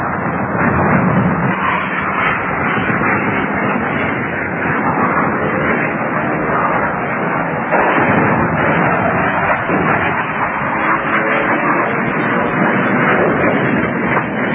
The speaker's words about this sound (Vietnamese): tôi đã được nhìn theo dõi những trận không tập của máy bay Mỹ cũng như sức chiến đấu chống trả từ mặt đất, nhưng chưa có trận nào vừa lâu vừa hứng thú như trận đêm nay.